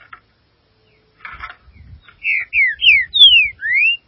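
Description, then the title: Green-winged saltator singing a rich whistled phrase of five sliding notes, some rising and some dropping, preceded by a brief burst of scratchy chatter. "Trinca Ferro"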